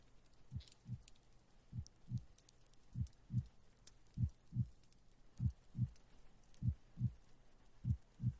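Steady paired lub-dub thumps at about 50 beats a minute, evenly spaced, with no extra sounds between beats. A regular, untroubled heartbeat of a fit adult man, heard through a stethoscope in a staged roleplay check-up, with faint tapping noise in the background.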